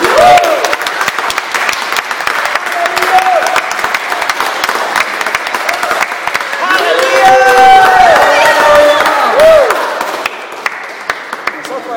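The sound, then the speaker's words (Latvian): An audience praising God breaks into loud, sustained applause mixed with cheers and shouted voices, steady for about ten seconds before thinning out near the end. “Tā vienkārši ir, kad sirds, viņa pielūst Dievu, vai ne, un gribas skaļi gavilēt, un Bībelē tā rakstīts ar skaļām gavilēm, ar saucieniem, ar bungām, ar tamburīniem, ar ģitārām, ar cītrām, jā, ar visu, ko vien vajag.”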